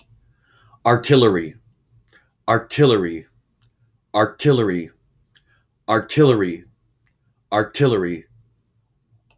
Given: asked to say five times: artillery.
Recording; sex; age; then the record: repeated word; male; 40 to 49 years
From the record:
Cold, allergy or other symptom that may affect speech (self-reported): no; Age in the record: 48 years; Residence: Minnesota, United States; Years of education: 17